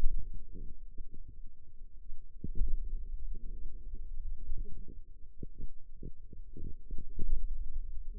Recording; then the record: forearm muscle sounds (acoustic myography)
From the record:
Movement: pen grasping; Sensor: system 2, bracelet of six BSWA MPA416 microphones around the upper forearm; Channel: 2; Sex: female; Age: 21 years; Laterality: right